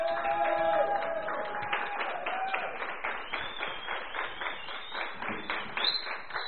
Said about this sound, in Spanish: Un aplauso, por favor.